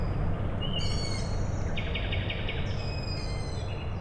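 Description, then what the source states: Owl chicks give a few drawn-out, high squeaky calls and a short pulsing rattle over a deep steady hum. Owl chicks calling at night, Tuesday 21 May 2019, Michałkowice, Siemianowice Śląskie, Poland; industrial plant in background; Zoom H5 with Audio-Technica BP4025.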